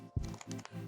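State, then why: Seated. After a drill bit is tightened in the keyless chuck of a cordless drill, the chuck is turned back slightly and gives a series of sharp clicks at about 0.3, 0.3, 0.4, 0.5, 0.6 and 0.7 seconds over a steady low hum. The chuck clicks into its locking position, seated so it won't come loose.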